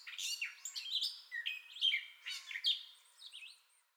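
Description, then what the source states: Gray catbird phrases: a few sliding whistles and squeaks, then a softer, thinner series of high notes fading out at the close. Entire song bout, 30 May 2021.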